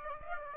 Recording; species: mosquito wingbeat signal from an infrared sensor; Aedes aegypti